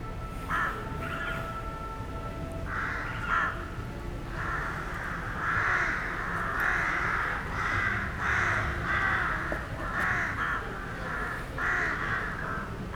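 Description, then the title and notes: Rook calls: harsh, raspy caws repeated in irregular bursts. Rooks nesting in plane trees in a town square, Chambéry, France. "27 Rue du Verger, Chambéry, France - Freux dans la ville. Des corbeaux freux nichent dans les platanes de la place"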